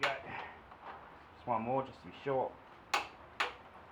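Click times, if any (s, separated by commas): 2.9 s, 3.4 s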